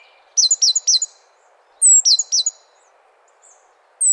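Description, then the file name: Great tit calling with clipped phrases: a high thin note and a quick run of two or three sharp notes, given twice, with a new phrase beginning at the end. "Parus major"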